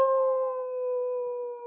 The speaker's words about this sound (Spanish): En la lejanía se oía el aullar de los lobos que regresaban a sus madrigueras.